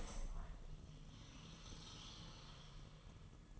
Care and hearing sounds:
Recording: daily activity, microphone in the room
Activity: open window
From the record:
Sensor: 4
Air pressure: 1000.8 hPa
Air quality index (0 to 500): 243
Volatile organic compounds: 40 ppm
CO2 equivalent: 3157 ppm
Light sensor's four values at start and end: 9/20/8/7 and 9/21/8/8

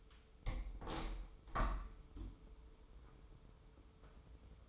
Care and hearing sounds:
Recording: daily activity, microphone in the room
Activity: open window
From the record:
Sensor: 1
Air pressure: 995.7 hPa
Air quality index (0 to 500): 55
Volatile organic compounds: 2 ppm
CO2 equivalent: 1064 ppm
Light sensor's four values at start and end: 30/104/40/41 and 31/106/41/42

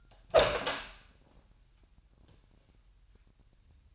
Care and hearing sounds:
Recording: daily activity, microphone in the room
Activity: open door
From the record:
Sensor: 2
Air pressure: 998.3 hPa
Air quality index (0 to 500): 141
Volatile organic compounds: 4 ppm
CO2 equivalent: 1592 ppm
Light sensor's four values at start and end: 12/34/14/13 and 12/34/14/13

